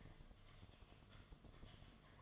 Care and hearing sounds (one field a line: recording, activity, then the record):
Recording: daily activity, microphone in the room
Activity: typing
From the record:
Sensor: 4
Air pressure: 1005.2 hPa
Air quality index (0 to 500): 182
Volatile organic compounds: 5 ppm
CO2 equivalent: 1791 ppm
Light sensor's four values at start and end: 6/12/4/4 and 6/12/4/4